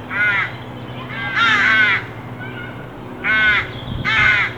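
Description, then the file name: Carrion crow calling with four loud, grating caws, the second long and drawn out, over low background noise. "Corvus corone"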